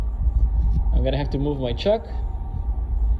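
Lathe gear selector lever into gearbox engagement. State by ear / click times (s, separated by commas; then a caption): not seated / none. Someone handles a lathe gear selector lever, working it toward engagement in the gearbox, with the chuck rotated by hand to line up the gear teeth. Someone talks over a steady low rumble. Nothing has seated or clicked yet.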